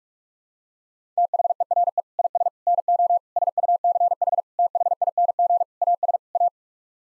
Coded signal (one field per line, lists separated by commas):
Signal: Morse code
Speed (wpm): 41 wpm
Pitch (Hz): 700 Hz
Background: none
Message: THERE IS NO SUCH THING AS A